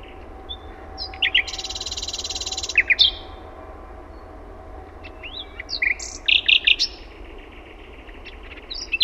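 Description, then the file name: Common nightingale song with a long, sustained buzzy rattle, then scattered whistles and a cluster of loud, punchy notes, followed by softer chattering phrases. Finland. "ETELAN SATAKIELI"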